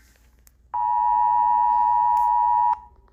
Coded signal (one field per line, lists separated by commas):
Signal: Emergency Alert System (SAME) tones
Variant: 853 and 960 Hz attention tone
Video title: eas alarms part 1